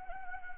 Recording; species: mosquito wingbeat signal from an infrared sensor; Anopheles arabiensis